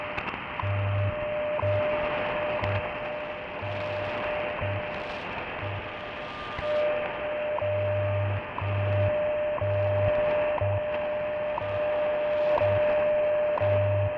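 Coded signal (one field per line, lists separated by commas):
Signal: radio time signal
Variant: WWV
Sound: steady mid-pitch tone broken by a tick every second, with low buzzing time-code pulses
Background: radio static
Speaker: so let's play wwvb i mean wwv excuse me five megahertz 3 53 in the morning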